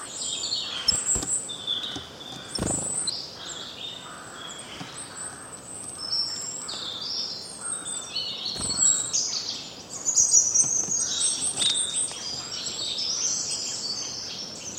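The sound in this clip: Birds chirping in a busy chorus, many high twittering and trilling notes overlapping throughout, with a few soft knocks in the background.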